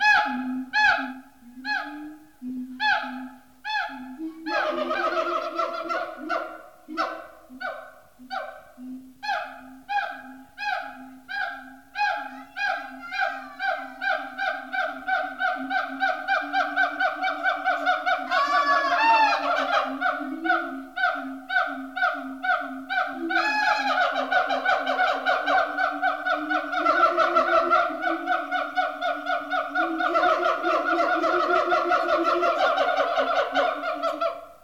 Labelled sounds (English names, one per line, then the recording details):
Siamang
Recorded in captivity
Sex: diverse
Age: diverse
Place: Zoo Dresden, Sachsen, DE
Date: 1986-09-10 13:30
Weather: sonnig, 18°C
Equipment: Nagra SN, Kopie Uher 4000 Report Monitor
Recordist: Tembrock, Günter